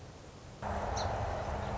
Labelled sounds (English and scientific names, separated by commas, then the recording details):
Song Sparrow (Melospiza melodia)
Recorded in Sonoma County, California